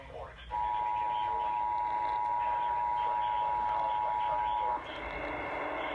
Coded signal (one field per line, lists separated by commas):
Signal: Emergency Alert System (SAME) tones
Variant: 853 and 960 Hz attention tone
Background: speech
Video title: Marginal risk from 7/1/20 EAS# 109-118